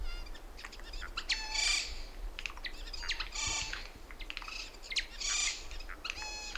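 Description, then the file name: Eurasian jay with repeated harsh, noisy screeches about every two seconds, mixed with short nasal, tonal notes. "Garrulus glandarius"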